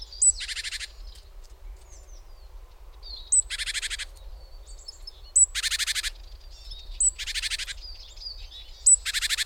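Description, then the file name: Great tit calls: a thin high note followed by a harsh, rattling churr, repeated five times about every two seconds, with faint chips between. "Parus major"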